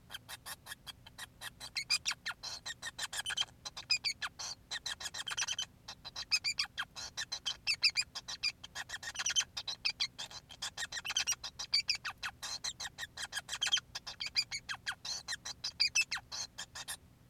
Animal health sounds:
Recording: song of a male Bengalese finch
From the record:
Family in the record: son of father 5

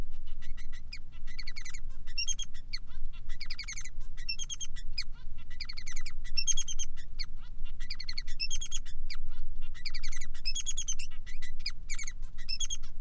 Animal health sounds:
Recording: song of a male Bengalese finch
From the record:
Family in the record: son of father 3

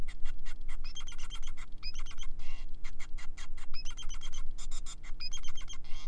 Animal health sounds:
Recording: song of a male Bengalese finch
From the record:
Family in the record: son of father 5

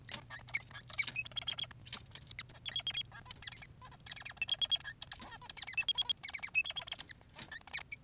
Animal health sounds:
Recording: song of a male Bengalese finch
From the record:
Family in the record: son of father 3

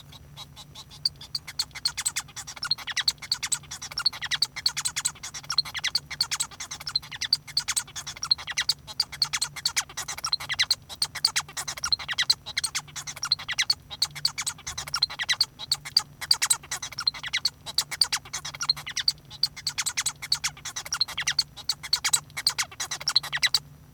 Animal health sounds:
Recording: song of a male Bengalese finch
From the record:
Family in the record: son of father 1

